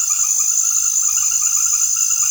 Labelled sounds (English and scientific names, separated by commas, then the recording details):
none
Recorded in secondary vegetation near Puerto Asís, Putumayo, Colombia, on 9 March 2025 at 20:00
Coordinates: 0.489, -76.322
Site G042